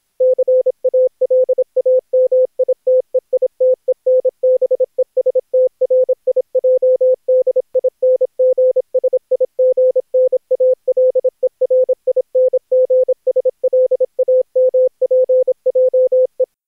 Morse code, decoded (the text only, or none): CALAMITEITENBESTRIJDINGSIGNALERINGSLAMPJE